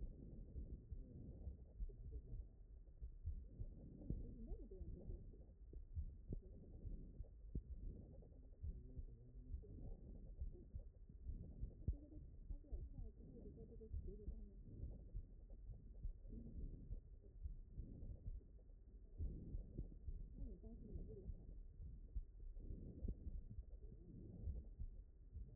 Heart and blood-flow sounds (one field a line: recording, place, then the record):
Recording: heart sounds by stethoscope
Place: mitral valve (MV)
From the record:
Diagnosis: HFrEF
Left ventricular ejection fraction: 29%